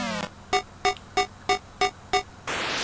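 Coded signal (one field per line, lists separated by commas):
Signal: none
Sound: game's musical beeps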